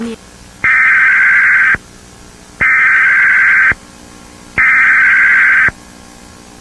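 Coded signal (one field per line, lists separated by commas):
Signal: Emergency Alert System (SAME) tones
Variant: header bursts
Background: speech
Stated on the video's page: Mock EAS alert recreating a 2009 required weekly test; a recreation, not a real broadcast.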